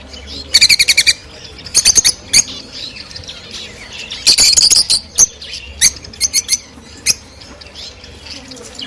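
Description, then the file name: Rosy-faced lovebird giving fast runs of high, sharp chirps near the start, near two seconds and near four and a half seconds, then scattered single squeaky notes. Cheerful singing and chirping of rosy-faced lovebirds, more than one bird. "krasivoe i veseloe penie i chirikane rozovoshhekih nerazluchnikov"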